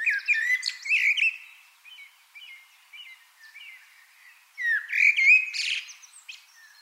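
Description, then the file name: Eurasian wren song in two bursts: sharp, slurred high notes and squeaky twitters, then softer chips, then another loud, tumbling phrase. "Troglodytes troglodytes"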